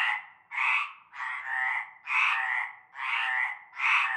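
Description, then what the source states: Frog chorus, several drawn-out rasping croaks, each swelling and fading, some running into the next. Chorus heard from nightfall in a large concrete basin with a shallow layer of stagnant greenish water, Avenue Cante Coucou, Groupède, La Ciotat, Bouches-du-Rhône, France.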